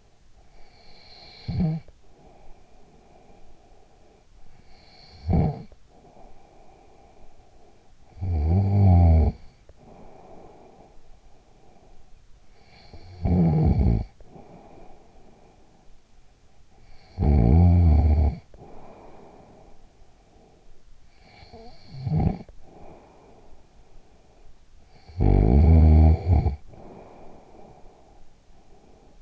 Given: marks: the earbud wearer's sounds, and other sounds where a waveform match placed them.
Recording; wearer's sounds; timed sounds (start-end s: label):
sounds in sleep by an in-ear microphone; snoring breath
0.23-4.37 s: snoring breath
4.66-12.15 s: snoring breath
12.55-16.26 s: snoring breath
16.92-29.04 s: snoring breath